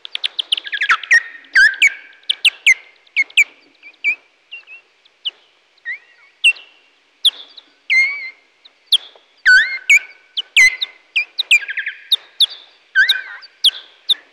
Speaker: Là, on entend très nettement les cris sonores et puis ce cri d'insulte.